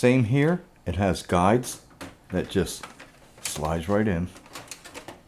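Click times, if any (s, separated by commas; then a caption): none. Someone talks while handling a plastic toner cartridge for a Brother laser printer, sliding it along its guides toward the drum unit, with a few brief light knocks near the end. Nothing has seated or latched into the drum unit yet.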